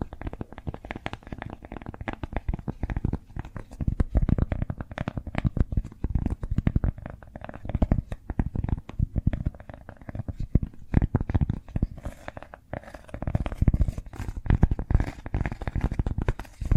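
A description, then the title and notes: Cork sounds fill the clip with quick, dense tapping and scratchy rustling, the strikes coming in rapid uneven clusters. Most hits are dull and low, with occasional sharper, brighter clicks. Louder flurries arrive around four to five seconds and again near twelve to fourteen. ASMR Cork Triggers. (No Talking).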